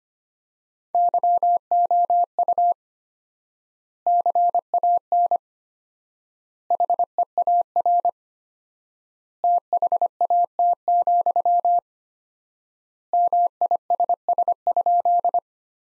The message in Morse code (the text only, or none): YOU CAN HEAR THAT, MISS?